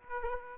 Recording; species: mosquito wingbeat signal from an infrared sensor; Aedes aegypti